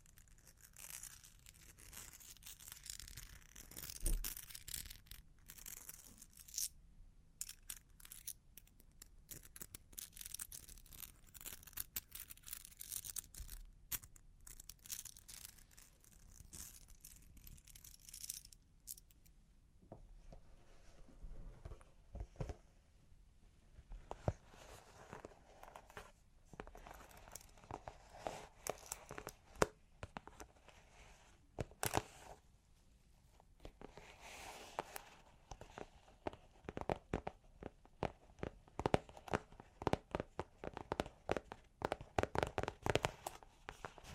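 Long claws tap and scratch in dense, irregular clusters of sharp clicks and rasping scrapes, with a brighter, busier stretch in the second half.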